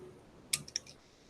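A click-type torque wrench tightens a steel caliper bracket bolt and breaks over with a sharp click at 0.5 s when it reaches its set torque. A few fainter clicks follow at about 0.7, 0.8 and 0.9 s, over a quiet background.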